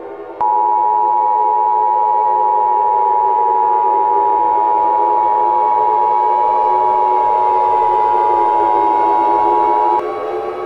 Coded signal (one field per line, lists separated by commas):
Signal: Emergency Alert System (SAME) tones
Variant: 853 and 960 Hz attention tone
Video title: EAS Scenario: Shadow Nebulosa's Rampage (Remastered)